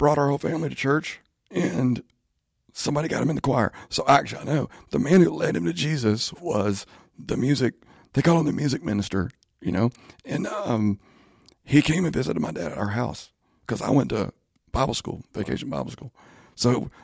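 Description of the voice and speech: Adult man speaking with creaky, strained voicing and frequent voice breaks and pauses, typical of spasmodic dysphonia; he is undergoing speech therapy.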